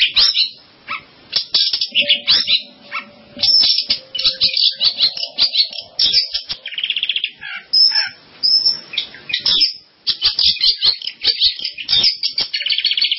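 Long-tailed shrike singing a long, chattering medley of high twitters, harsh buzzes and brief whistled phrases, with short gaps and some lower steady tones.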